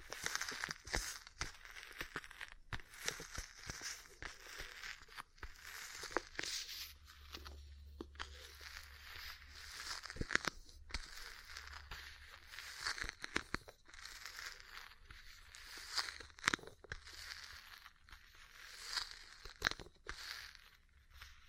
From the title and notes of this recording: ASMR 3Dio Mic Test Ear Cleaning, Massage, Cupping, Tapping (No Talking).